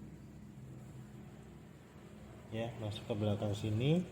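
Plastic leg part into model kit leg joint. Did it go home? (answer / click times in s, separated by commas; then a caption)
no / none. A plastic leg part of a model kit is lined up behind its leg joint before being pressed home, over a steady low hum. Someone talks from about 2.5 s onward. Nothing has seated or clicked yet.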